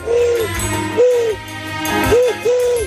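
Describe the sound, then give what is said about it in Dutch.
A man on the telephone to the Radio 538 morning show imitates a pigeon cooing: four low, rounded, hooting coos, two spaced apart, then a quicker pair at the end, fairly loud over a faint background hum. “kan dus heel goed een duif nadoen.”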